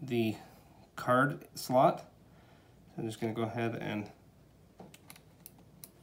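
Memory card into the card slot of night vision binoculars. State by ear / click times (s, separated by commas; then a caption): seated / 5.5 s, 5.8 s. A microSD memory card is pushed by hand into the card slot under the rubber side cover of a night vision binocular. Someone talks first, then soft handling and scraping sounds lead to sharp clicks at 5.5 and 5.8 seconds as the card seats and latches in the slot.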